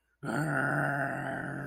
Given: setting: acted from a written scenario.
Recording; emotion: vocal sound without words; anger